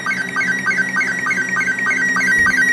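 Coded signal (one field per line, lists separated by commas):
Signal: SSTV (slow-scan television)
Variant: Robot 72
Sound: warbling, stepping electronic tones interrupted by short low blips about four times per second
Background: low hum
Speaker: so i'll turn this back on so you can hear when it's over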